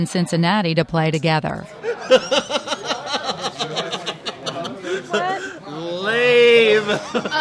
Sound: soundbite of laughter

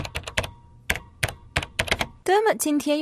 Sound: typing sounds

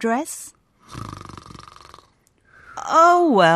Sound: snores

